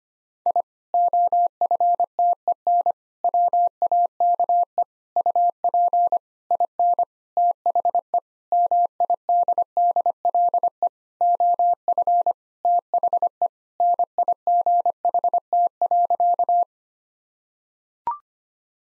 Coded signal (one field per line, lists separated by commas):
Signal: Morse code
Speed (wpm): 25 wpm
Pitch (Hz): 700 Hz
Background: none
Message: I OFTEN WAKE UP IN THE MIDDLE OF THE NIGHT.